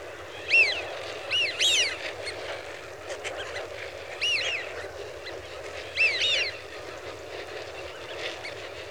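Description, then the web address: Eurasian wigeon, bold falling whistles, some in pairs, repeated throughout, over a continuous hum of flock calls. "BBC Sound Effects Library. Wigeon (Anas Penelope) Flock"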